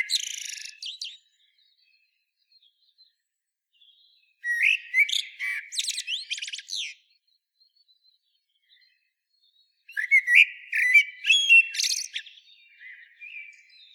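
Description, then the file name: Common blackbird song: the end of one phrase, then two mellow fluted phrases, each ending in a high squeaky twitter, separated by pauses of about three seconds, with faint soft notes between. "Turdus merula"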